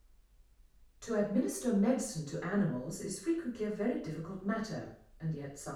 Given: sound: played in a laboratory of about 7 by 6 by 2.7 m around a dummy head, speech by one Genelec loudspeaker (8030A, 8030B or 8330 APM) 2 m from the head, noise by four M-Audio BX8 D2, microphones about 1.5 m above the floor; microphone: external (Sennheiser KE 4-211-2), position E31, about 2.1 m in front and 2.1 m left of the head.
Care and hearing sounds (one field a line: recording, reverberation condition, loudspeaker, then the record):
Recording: female speech in English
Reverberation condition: medium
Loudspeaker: 150 degrees to the left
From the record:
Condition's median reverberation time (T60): about 510 ms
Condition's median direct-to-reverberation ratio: about -0.5 dB